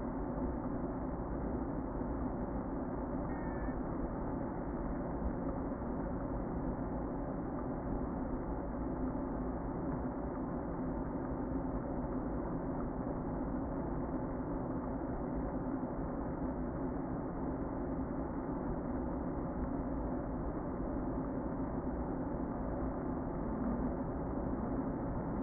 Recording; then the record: honeybee colony, microphone inside the hive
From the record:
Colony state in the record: queen present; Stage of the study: before two queens were removed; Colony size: about 60,000 bees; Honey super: yes